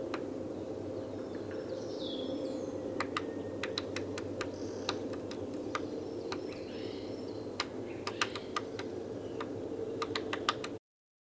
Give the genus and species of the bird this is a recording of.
Dendrocopos major